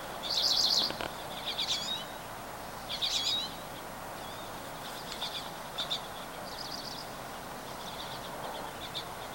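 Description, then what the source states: Birds calling with several short, high trilled phrases, loudest at the start and fading to softer scattered chirps, against a low steady hiss. Recorded 24 April 2023.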